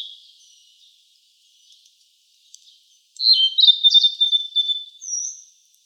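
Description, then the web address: Blue-and-white flycatcher singing one high phrase of slurred whistles with quick pitch jumps, ending in a thin high note after a near-silent start. Recorded 6 May 2014. "birdenaga ooruri S 140506"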